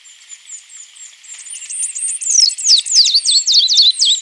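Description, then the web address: Pale-naped brush-finch song that begins with soft, thin high notes and swells into a loud, fast run of sharp downslurred and zigzag notes. Recorded in Ecuador. "Birds of Ecuador. Pale-Naped Brush-Finch"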